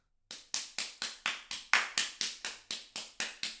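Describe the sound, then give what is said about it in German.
An audience claps after a song in a steady, even rhythm, about a dozen crisp, sharp claps spaced evenly apart, fairly loud, with no voices. “Bravo! Gut gesungen. Alle klatschten.”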